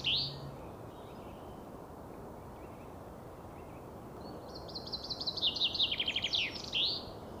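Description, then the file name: Common chaffinch: a short opening note, a pause, then a cascading trill that falls before a sharp upswept ending. Faint steady hiss throughout. "Fringilla coelebs"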